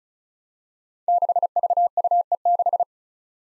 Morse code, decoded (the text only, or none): 6VUE6